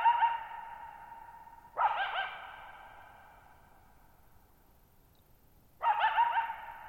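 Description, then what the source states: Coyote with sharp yelping barks a few seconds apart, each followed by a long, slowly fading echo. Lone wild coyote calling at night, July 14, 2019, Thirtymile Meadows, Okanogan National Forest high country, Pacific Northwest, 1950 m, dry plateau meadow bowl with boggy ground, long natural reverberation.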